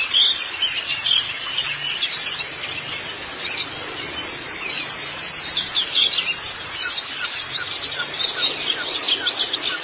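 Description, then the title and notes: White-eye song as a steady stream of sharp, high chirps and brief trills, bright and busy from start to finish. Twittering song. "Kicauan Burung Pleci Durasi Panjang. Suara kicauan burung pleci"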